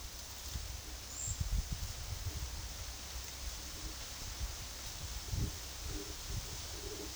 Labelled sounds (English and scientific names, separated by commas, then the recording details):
none
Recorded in dense forest near Puerto Asís, Putumayo, Colombia, on 21 February 2024 at 12:30
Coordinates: 0.485, -76.322
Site G6406